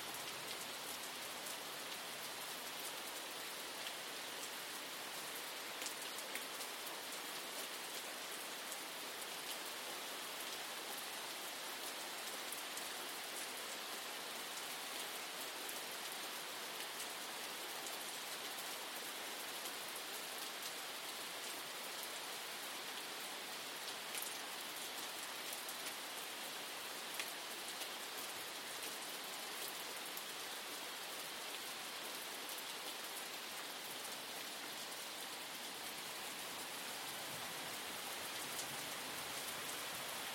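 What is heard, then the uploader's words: Gentle rain falls steadily throughout, a dense, even hiss of countless drops with a bright, airy top and little weight in the low end. Faint individual drop ticks pop out here and there, but the level barely changes from start to finish. 1 Hour Rain Sounds for Sleep & Meditation (Gollden Hour Ambient Music Podcast). Accompanied by one hour of gentle rain sounds.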